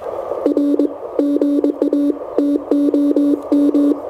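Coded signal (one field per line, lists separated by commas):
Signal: Morse code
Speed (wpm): 22 wpm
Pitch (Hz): 290 Hz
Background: none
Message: R GA TOM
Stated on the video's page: Morse from a park activation on a Mission RGO One transceiver with end-fed antenna, keyed with a Begali Traveler paddle.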